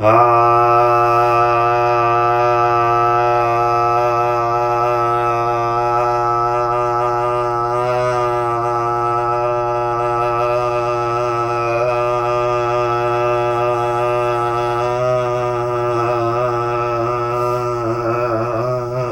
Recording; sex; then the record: sustained vowel /a/; male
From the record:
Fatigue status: no fatigue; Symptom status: asymptomatic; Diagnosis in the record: COVID-19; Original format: m4a